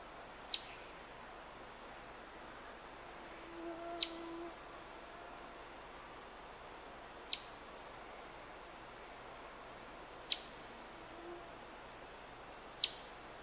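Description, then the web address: Chipmunk chip calls, sharp high clicks spaced about three seconds apart, five in all, over a quiet steady background hiss. "sound Tamias"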